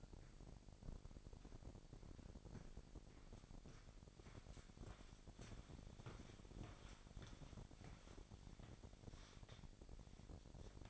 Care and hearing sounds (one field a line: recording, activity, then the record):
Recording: daily activity, microphone in the room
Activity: walk to room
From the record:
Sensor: 5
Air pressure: 1012.3 hPa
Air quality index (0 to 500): 236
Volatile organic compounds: 4 ppm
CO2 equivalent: 1572 ppm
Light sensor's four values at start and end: 57/133/55/59 and 55/126/53/57